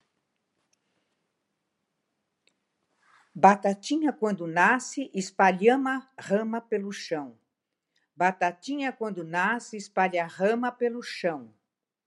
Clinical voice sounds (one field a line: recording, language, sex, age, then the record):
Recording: short text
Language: Brazilian Portuguese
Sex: female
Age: 70 to 79 years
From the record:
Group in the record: control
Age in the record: 77 years